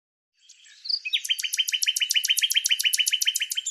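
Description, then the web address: Bird song: a brief soft twitter, then a fast, even series of many high, sharp, descending notes, with no other sounds. "Deverinetal 2025"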